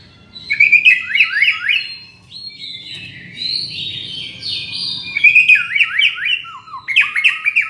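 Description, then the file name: White-rumped shama singing repeated phrases of quick downslurred whistles separated by a sustained warbling passage. From Borneo. "murai batu borneo"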